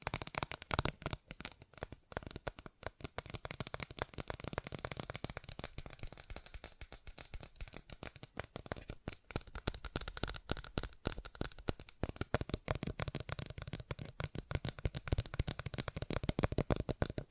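Fast tapping in dense, rapid bursts of sharp clicks that run without pause, thinning slightly around six to nine seconds before picking back up.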